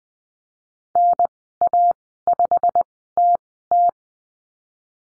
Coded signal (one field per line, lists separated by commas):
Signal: Morse code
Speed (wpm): 20 wpm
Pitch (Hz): 700 Hz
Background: none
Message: NA5TT